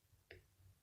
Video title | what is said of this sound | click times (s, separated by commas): Watch First SMOK fit kit Vape Unboxing ! Review | you hear a click light should light up | 0.3 s